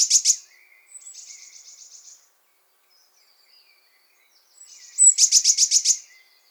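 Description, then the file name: Eurasian blue tit, a few short sharp high notes and a soft buzzy trill, then after a pause a louder rapid pulsed trill. "Cyanistes caeruleus"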